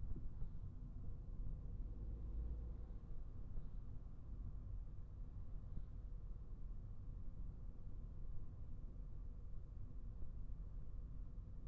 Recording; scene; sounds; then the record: everyday scene through a hearing-aid microphone; in a vehicle; engine, traffic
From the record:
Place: Skoda Fabia, gasoline engine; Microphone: behind the ear, right, front